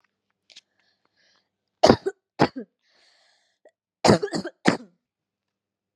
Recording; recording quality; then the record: heavy voluntary cough; excellent, no background noise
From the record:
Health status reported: COVID-19 positive, mild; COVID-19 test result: positive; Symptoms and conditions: fatigue, muscle pain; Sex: female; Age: 25 years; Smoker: not ticked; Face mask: not worn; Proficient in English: yes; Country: India